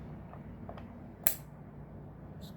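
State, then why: Seated. An Ethernet (RJ45) internet cable's plastic plug is pushed into the network port on a TV set-top box. A few faint ticks come at about 0.3 to 0.8 seconds, then a single sharp, loud click at 1.3 seconds. The plug is seated.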